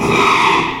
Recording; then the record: squeal of a Yucatan mini pig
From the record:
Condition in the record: after surgery on the right vocal fold (resection and tissue-engineered implant); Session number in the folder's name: 1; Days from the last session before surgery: 6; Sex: male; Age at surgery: 12 weeks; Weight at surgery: 13 kg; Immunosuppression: cyclosporine, prednisolone